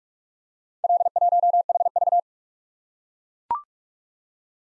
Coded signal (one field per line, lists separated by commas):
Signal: Morse code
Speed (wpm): 41 wpm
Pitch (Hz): 700 Hz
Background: none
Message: L1HV